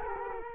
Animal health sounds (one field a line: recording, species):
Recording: mosquito wingbeat signal from an infrared sensor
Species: Culex quinquefasciatus